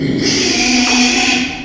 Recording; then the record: squeal of a Yucatan mini pig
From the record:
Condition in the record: after surgery on the right vocal fold (resection and tissue-engineered implant); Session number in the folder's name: 2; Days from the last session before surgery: 13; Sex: male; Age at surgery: 12 weeks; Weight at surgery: 13 kg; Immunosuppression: cyclosporine, prednisolone